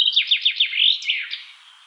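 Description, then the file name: Common chaffinch song: a run of quick descending slurred notes, then a brief louder flourish before fading out, with no other sounds. "Fringilla coelebs"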